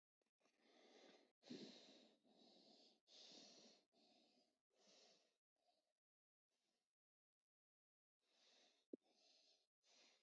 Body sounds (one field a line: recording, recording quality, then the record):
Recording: shallow breathing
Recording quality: excellent, no background noise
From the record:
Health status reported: healthy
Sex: male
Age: 22 years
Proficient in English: yes